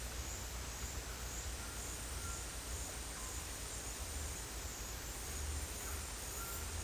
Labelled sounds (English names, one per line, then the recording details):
none
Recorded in secondary vegetation near Puerto Asís, Putumayo, Colombia, on 22 December 2024 at 17:30
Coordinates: 0.484, -76.319
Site GP06